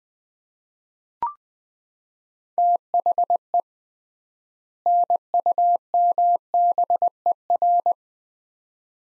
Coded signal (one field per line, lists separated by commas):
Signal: Morse code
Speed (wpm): 21 wpm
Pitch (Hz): 700 Hz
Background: none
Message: THE NUMBER